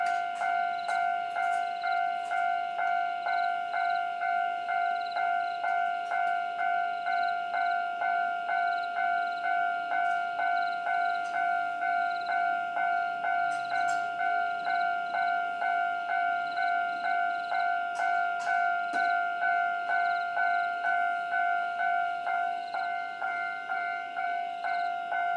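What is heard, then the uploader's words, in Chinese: A level crossing bell at Xingnong Road in Jiaoxi, Yilan rings steadily in quick, even pulses, with a few sharp clicks scattered throughout. 宜蘭礁溪興農路平交道。地點：宜蘭縣礁溪鄉。設備：Tascam DR-40x。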